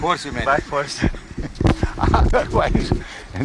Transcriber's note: laughs